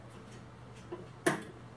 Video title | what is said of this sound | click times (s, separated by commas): VLOG - Forever Long Epdate | you're going to have electricity running through these and you're supposed to be able to hold battery then just click | 1.3 s